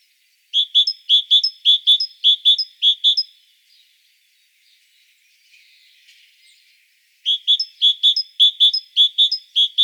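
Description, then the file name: Great tit singing a run of sharp, high two-note phrases, breaking off for about four seconds, then resuming the same rhythmic see-saw pattern. "Parus major"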